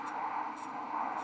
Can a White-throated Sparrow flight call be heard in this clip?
no